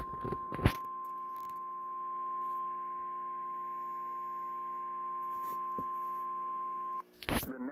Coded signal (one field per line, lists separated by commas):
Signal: Emergency Alert System (SAME) tones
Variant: 1050 Hz attention tone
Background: speech